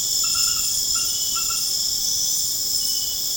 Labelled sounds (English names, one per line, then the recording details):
none
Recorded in pastures near Puerto Asís, Putumayo, Colombia, on 29 June 2025 at 21:00
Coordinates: 0.496, -76.326
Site GP01